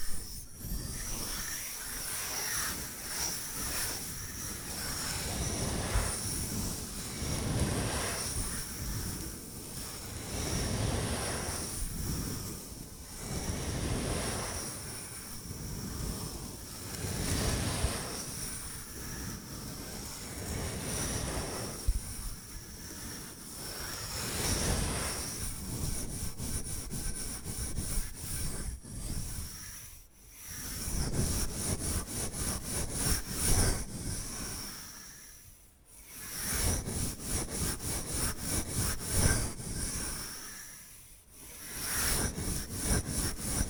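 Bamboo being brushed and scratched, a dense rasping texture that swells and fades in slow strokes every few seconds. Past the midpoint the motion turns into quick, regular tapping and scraping, broken by brief near-silent gaps. A thin steady whine persists above throughout.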